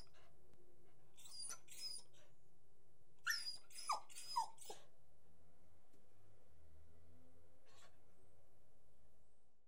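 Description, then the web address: Beagle giving a few scattered yelps, then several quick whining barks in a row, and one faint later yelp. Beagle barking, whining and jumping. "The BBC Sound Effects Library. Beagle barking, whining, and jumping"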